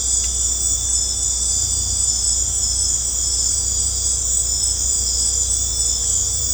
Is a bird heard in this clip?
no